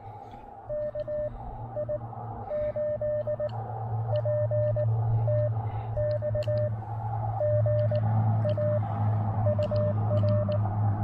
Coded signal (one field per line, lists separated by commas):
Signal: Morse code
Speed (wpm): 18 wpm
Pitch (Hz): 590 Hz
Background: radio noise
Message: KI8PTX GA UR